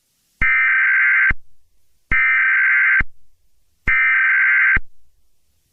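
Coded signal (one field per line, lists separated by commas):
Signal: Emergency Alert System (SAME) tones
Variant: header bursts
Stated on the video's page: Fictional EAS scenario.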